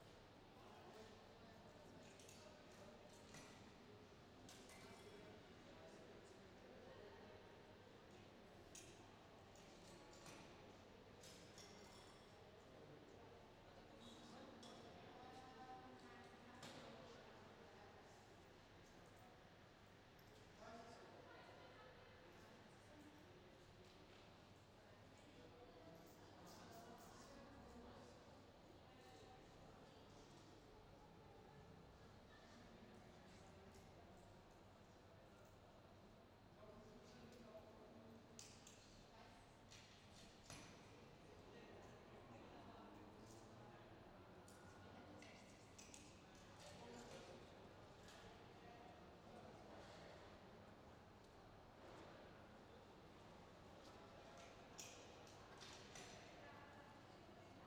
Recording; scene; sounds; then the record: everyday scene through a hearing-aid microphone; reverberant space; background noise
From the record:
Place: railway station hall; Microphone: in the ear canal, left